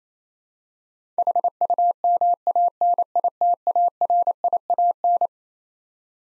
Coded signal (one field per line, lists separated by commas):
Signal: Morse code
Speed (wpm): 28 wpm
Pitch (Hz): 700 Hz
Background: none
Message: HUMANITARIAN